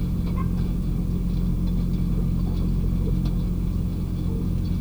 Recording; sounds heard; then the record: poultry house recording; sick chickens (respiratory disease)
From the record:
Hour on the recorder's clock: 1